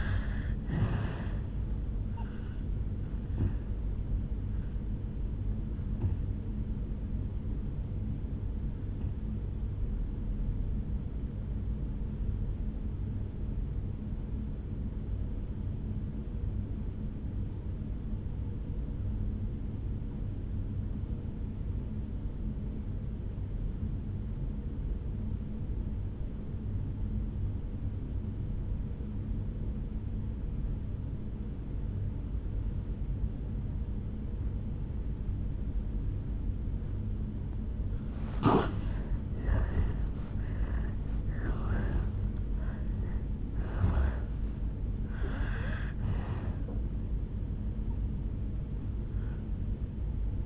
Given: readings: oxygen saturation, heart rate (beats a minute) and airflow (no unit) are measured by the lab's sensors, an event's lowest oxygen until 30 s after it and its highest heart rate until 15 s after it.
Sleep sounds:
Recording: breathing in sleep by a smartphone at the bedside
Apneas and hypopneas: 1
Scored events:
11.00-39.10 s: obstructive apnea (N1, oxygen 96% highest, then 82% lowest, heart rate 60 at the start, 76 highest)
19.00-49.00 s: new sleep stage, N2 (light sleep)
49.00-50.46 s: new sleep stage, N1 (lightest sleep)
From the record:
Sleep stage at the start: N1 (lightest sleep)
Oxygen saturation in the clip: 82 to 96%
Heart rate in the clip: 55 to 76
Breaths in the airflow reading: 5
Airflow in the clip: -8.4 to 15.0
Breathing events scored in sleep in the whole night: 449 in 7.0 hours asleep

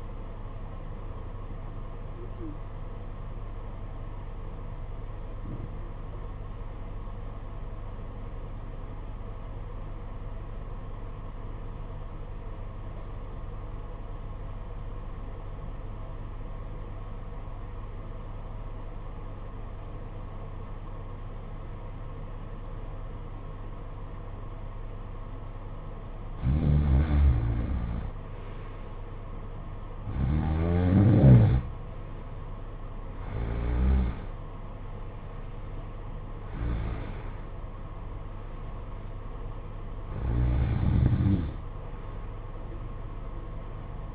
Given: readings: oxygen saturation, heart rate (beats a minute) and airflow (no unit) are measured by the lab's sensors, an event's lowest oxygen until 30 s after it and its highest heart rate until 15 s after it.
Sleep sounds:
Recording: breathing in sleep by a smartphone at the bedside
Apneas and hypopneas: 1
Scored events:
6.00-26.40 s: obstructive apnea (N1, oxygen 95% highest, then 86% lowest, heart rate 53 at the start, 67 highest)
12.00-44.15 s: new sleep stage, N2 (light sleep)
From the record:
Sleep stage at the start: N1 (lightest sleep)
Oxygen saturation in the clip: 88 to 95%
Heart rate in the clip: 53 to 67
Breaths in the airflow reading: 6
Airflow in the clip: -12.0 to 10.3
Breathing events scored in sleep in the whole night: 476 in 9.7 hours asleep

